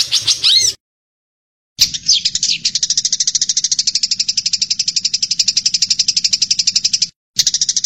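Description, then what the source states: Streaked spiderhunter song: a short phrase, a gap, then a long, even rattle of rapid high chips that stops briefly and starts again. Long, clear, vigorous song.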